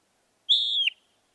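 Northern mockingbird giving a single clear whistled note, steady then dropping sharply at the end, in a quiet background.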